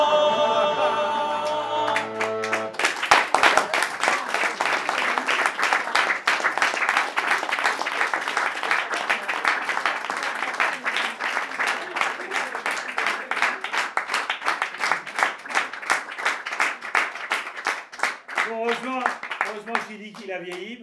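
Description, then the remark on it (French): A crowd at a live concert bursts into sustained applause, a dense wash of many hands clapping that stays loud for nearly twenty seconds before thinning out, with a brief musical tone at the start and a voice at the end. “On peut applaudir rien pour ça.”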